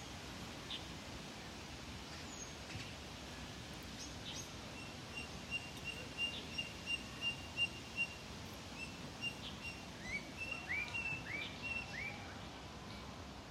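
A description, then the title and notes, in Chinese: Birdsong in a forest, set against a steady, dense hiss of wind or leaves that fills the whole clip. From about five seconds a bird repeats a thin, high whistled note at a regular pace, and short rising chirps follow near the end. 朝阳公园。森林里的鸟鸣。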